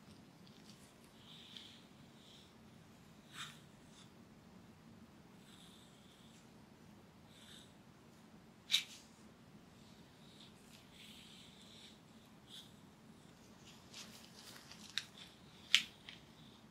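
Hair play and back scratching make soft, brushing rustles over a steady low hum. Light scratchy strokes come and go throughout, with a few sharper ticks or taps standing out near 9 seconds and again around 15 to 16 seconds.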